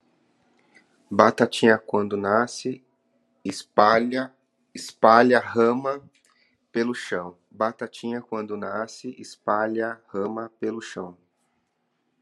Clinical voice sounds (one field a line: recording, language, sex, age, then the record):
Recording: short text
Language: Brazilian Portuguese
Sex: male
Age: 40 to 49 years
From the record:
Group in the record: control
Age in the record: 41 years